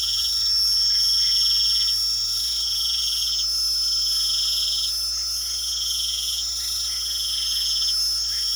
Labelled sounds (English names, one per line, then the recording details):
none
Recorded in pastures near Puerto Asís, Putumayo, Colombia, on 8 March 2025 at 22:00
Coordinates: 0.497, -76.327
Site G072